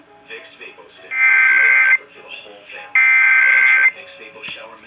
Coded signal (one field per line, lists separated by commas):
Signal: Emergency Alert System (SAME) tones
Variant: header bursts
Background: speech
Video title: NOVEMBER'S TEST... EAS Test Alerts From 11/4/25 - 11/26/25 (EAS#4,952 - 4,982)